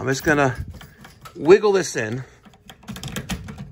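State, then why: Seated. Someone talks while a new zone valve actuator head is wiggled onto a hydronic zone valve body, leaving the manual lever untouched, so it can then be tightened with a screwdriver. After the speech, a run of small clicks and rattles begins around 2.7 s as the head is worked into place. It latches and seats with a click at 3.3 s.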